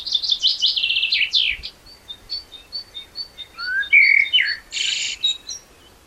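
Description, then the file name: Common blackbird song opening with fast high chattering notes, then sparse thin squeaks and a short low whistled phrase before a harsh burst. "Turdus merula"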